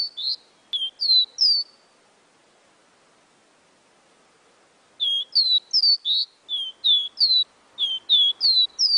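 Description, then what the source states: Seedeater song of bright, slurred whistles in a short opening burst, a few seconds of quiet, then a longer run of about a dozen notes. Amazon region.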